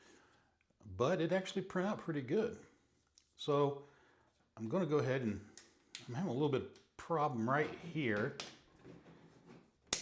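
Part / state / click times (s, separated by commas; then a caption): printed plastic wall panel into the model building base / seated / 9.9 s. A 3D printed plastic wall panel for a model building is pressed into its mating piece on the model building base while someone talks. After some trouble fitting it, the panel gives one sharp snap at 9.9 seconds and seats in place.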